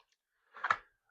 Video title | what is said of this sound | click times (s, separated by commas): Borealis - Printed additional Mechbays! | Locks into place. | 0.6 s, 0.7 s